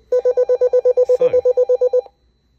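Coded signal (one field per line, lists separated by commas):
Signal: alarm pattern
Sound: fast string of about 15 short mid-pitched electronic beeps over two seconds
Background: brief speech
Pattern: 15 short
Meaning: Alerts the operator to an incoming DSC individual call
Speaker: uh received the transmission um with the request to change the channel 72 um there was an alarm that went off as well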